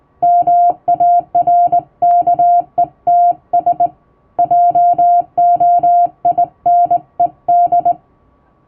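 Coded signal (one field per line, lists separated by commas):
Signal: Morse code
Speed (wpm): 20 wpm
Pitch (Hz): 700 Hz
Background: music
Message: MARKETS JOINED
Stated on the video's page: Morse sent with a vertical straight key by a first-class radiotelegraph operator, practice text.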